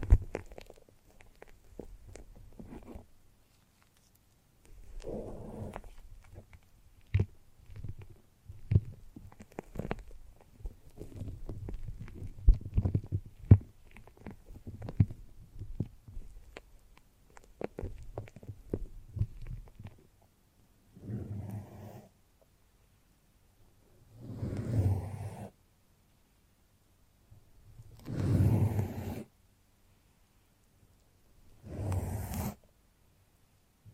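Wet squishing and sticky foamy rubbing, low and muffled, with soft crackling and popping through the first twenty seconds. After that the sound comes in separate swells, broad bursts of squelching and hissing around 21, 25, 28 and 32 seconds, with near silence between them.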